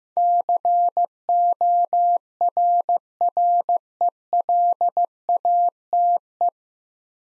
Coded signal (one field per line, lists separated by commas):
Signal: Morse code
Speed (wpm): 15 wpm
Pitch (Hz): 700 Hz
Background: none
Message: CORRELATE